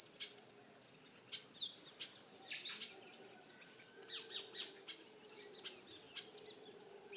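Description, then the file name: Hummingbird calls: thin, very high chips in a few short clusters, with other birds whistling and twittering at lower pitch throughout. "Colibri"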